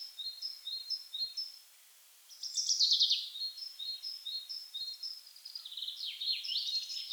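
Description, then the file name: Common chaffinch song: runs of thin, evenly repeated high notes, each followed by a rattling descending phrase. "Fringilla coelebs"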